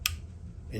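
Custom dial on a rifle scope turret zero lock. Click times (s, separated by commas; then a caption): 0.1 s. A custom dial on a rifle scope turret is turned to the zero lock position and drops into place, seating with a sharp, bright click at 0.1 s. A low background hum continues, and a faint rising rustle follows near the end.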